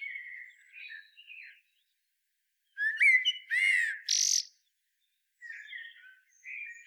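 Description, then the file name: Common blackbird giving warbled phrases around mid pitch, then a burst of harsh, chuckling notes near the middle, followed by softer twittering phrases after a silent gap. "Turdus merula"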